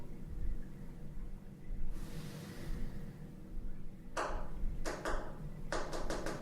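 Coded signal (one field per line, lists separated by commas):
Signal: tap code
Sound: quiet room rumble, a short hiss, then about six knocks in small groups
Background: room hum, brief hiss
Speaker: what's this code called when we went together book book The knock code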